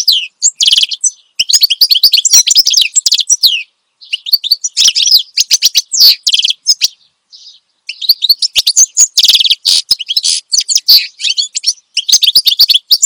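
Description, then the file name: Finch singing long runs of rapid, high, twittering chirps, broken by brief pauses. Finch singing steadily and loudly (gacor), offered as a recording for training other songbirds (masteran). "Suara Kicauan Burung Finch Gacor Dor Cocok Untuk Masteran"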